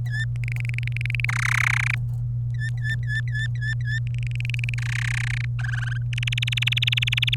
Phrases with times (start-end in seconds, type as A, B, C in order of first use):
0.06-0.25 A, 0.36-1.25 B, 1.29-1.95 C, 2.54-3.99 A, 4.07-4.74 B, 4.78-5.45 C, 5.59-6.03 D, 6.13-7.35 E